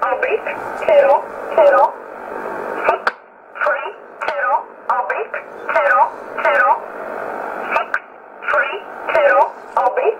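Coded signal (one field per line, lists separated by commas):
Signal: numbers station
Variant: E11 Oblique, English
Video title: 24 04 2020 E11 Oblique Numbers station in English 0716 on 9963 unknown tx site in USB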